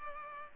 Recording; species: mosquito wingbeat signal from an infrared sensor; Culex pipiens